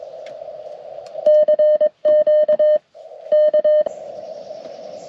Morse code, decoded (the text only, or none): CQ K